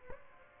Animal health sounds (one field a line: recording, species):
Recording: mosquito wingbeat signal from an infrared sensor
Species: Aedes aegypti